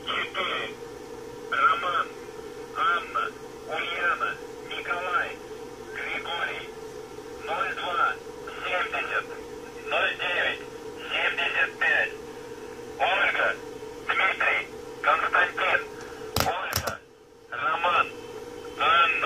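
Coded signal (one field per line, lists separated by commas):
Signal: numbers station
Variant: UVB-76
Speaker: okay so this is the voice that will come on uh at random times of day uh specific days of the month uh tell me this isn't creepy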